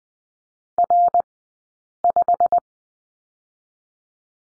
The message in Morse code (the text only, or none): R5